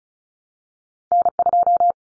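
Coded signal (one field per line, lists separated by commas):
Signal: Morse code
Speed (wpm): 34 wpm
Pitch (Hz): 700 Hz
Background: none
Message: N2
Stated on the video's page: Head-copy drill of common two-digit cut numbers at 35 wpm, T, A, N standing for 0, 1, 9; each number sent, spoken, then sent again.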